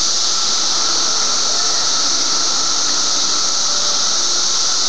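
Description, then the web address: Cicadas singing in a steady, unbroken high buzzing chorus that holds at the same pitch throughout, with a fainter, lower steady whine beneath it. Several cicadas; recorded 23 May 2004. "fleur cicadas"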